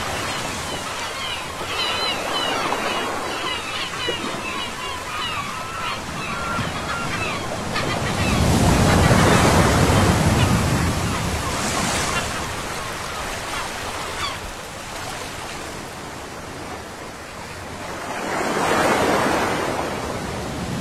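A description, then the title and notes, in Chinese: Ocean waves wash in and recede in slow, steady swells, with a big surge building around eight seconds and cresting near ten, then another near nineteen. Between breakers a soft hiss of foam lingers, and wind brushes the microphone at times. 4分钟海浪声。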